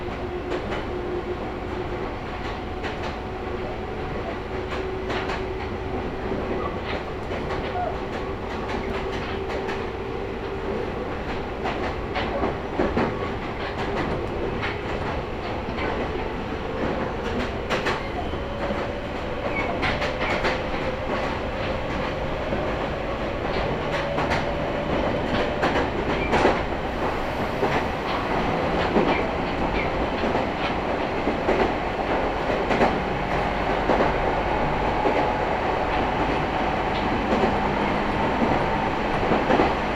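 A local train on the Meitetsu Nishio Line rolls along at a steady, dense rumble, with frequent clicks and knocks from the wheels over the rails. A drawn-out tone slowly rises and wavers through the first half, and the loudness stays even throughout.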